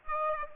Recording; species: mosquito wingbeat signal from an infrared sensor; Aedes aegypti